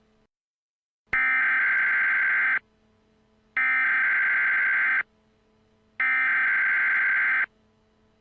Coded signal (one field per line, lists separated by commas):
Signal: Emergency Alert System (SAME) tones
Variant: header bursts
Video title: EAS Scenario: Tornado Alley Death Trap